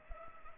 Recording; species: mosquito wingbeat signal from an infrared sensor; Culex pipiens